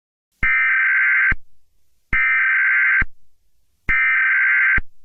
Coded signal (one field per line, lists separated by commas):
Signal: Emergency Alert System (SAME) tones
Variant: header bursts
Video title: EAS Scenario #11: Rainbow Rangers Attacks New Jersey II (REMASTERED)